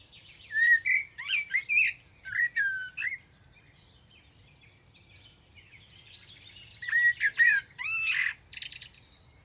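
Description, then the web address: Bird song: a run of warbled whistles and squawky notes, a quiet gap of several seconds, then another burst of mixed whistles and chirps. "Deverinetal. Bird Only"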